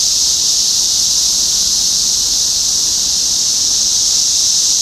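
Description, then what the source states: Loud, level cicada chorus, a high buzzing hiss sustained across the whole stretch. Cicadas in Topeka, Kansas, USA, on 14 June 2015.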